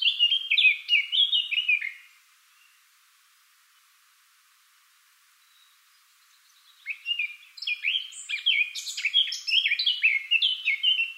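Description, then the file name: Eurasian blackcap song in two bursts: a warbled phrase, about five seconds of silence, then a longer run of bright, tumbling notes. "Sylvia atricapilla"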